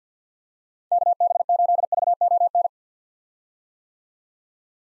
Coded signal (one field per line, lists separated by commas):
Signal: Morse code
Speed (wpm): 50 wpm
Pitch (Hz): 700 Hz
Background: none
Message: KB8VON